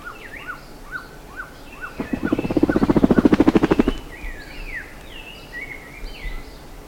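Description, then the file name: Bird calls: spaced chirping notes, broken for about two seconds by a loud, rapid, rattling pulse burst, after which scattered higher whistles and chirps return. "SABIOD 50 bird 2015"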